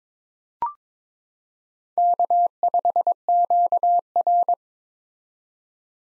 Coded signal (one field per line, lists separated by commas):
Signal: Morse code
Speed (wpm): 22 wpm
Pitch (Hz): 700 Hz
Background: none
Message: K5QR